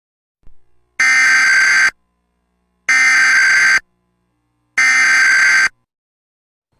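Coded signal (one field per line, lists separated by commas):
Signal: Emergency Alert System (SAME) tones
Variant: header bursts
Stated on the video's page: Mock Los Angeles County Required Monthly Test with no voice, only static.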